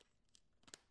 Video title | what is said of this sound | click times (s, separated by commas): How to Load a Polaroid Pack Camera | snaps right in door gets closed | 0.7 s